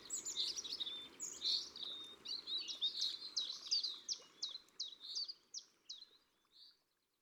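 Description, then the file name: Common chiffchaff song, a series of clipped, descending high notes in the second half, after busier high-pitched notes at the start. Recorded in Ardèche, France. "Pouillot-Veloce-Concerts-Naturels-De-l Ardeche"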